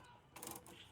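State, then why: Not seated. Jack stand ratchet equipment is handled under a Mirage during a DIY oil change. After a quiet start, a burst of broadband ratcheting and rattling from about 0.35 to 0.6 seconds fades into lighter mechanical clatter to the end. Nothing has seated or locked yet.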